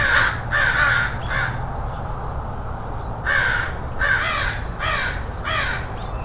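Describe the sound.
Crows giving harsh, hoarse caws in two bursts of three or four, separated by a short pause.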